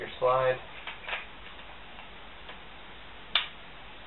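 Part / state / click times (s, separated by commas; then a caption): pistol slide onto pistol frame / seated / 3.4 s. Someone talks as a steel pistol slide is lined up and pushed onto the polymer frame of a Smith and Wesson 9VE during reassembly after a field strip. A few faint knocks follow, then a sharp click at 3.4 s marks the slide locking in place on the frame.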